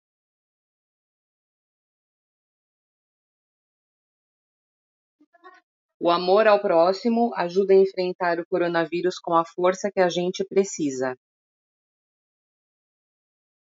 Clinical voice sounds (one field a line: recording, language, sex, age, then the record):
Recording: spoken sentence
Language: Brazilian Portuguese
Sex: female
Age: 40 to 49 years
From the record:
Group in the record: control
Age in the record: 46 years